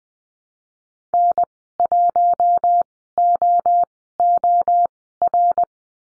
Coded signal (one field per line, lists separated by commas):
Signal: Morse code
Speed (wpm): 20 wpm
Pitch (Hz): 700 Hz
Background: none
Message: N1OOR